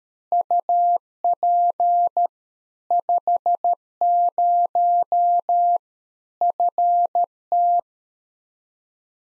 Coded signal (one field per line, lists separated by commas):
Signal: Morse code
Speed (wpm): 13 wpm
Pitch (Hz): 700 Hz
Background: none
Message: UP 50 FT